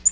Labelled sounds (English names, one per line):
Tennessee Warbler flight call